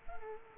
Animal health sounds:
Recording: mosquito wingbeat signal from an infrared sensor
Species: Culex quinquefasciatus

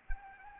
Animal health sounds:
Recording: mosquito wingbeat signal from an infrared sensor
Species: Anopheles arabiensis

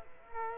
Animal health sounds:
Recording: mosquito wingbeat signal from an infrared sensor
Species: Culex quinquefasciatus

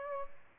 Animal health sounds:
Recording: mosquito wingbeat signal from an infrared sensor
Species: Aedes aegypti

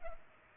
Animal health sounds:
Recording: mosquito wingbeat signal from an infrared sensor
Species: Culex pipiens

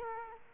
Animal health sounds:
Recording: mosquito wingbeat signal from an infrared sensor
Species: Culex quinquefasciatus

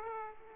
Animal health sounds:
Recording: mosquito wingbeat signal from an infrared sensor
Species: Aedes aegypti

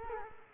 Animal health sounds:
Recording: mosquito wingbeat signal from an infrared sensor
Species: Culex quinquefasciatus

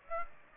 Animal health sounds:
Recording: mosquito wingbeat signal from an infrared sensor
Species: Aedes aegypti

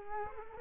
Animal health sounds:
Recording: mosquito wingbeat signal from an infrared sensor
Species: Culex quinquefasciatus

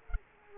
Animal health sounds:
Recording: mosquito wingbeat signal from an infrared sensor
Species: Culex quinquefasciatus

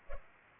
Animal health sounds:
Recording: mosquito wingbeat signal from an infrared sensor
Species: Culex pipiens

